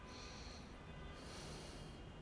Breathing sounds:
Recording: one breath in and out by a microphone near the nose and mouth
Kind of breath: deep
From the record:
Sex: male

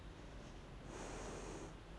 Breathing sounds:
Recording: one breath in and out by a microphone near the nose and mouth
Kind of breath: normal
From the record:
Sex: female

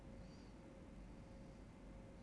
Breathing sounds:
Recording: one breath in and out by a microphone near the nose and mouth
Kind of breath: normal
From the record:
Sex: male

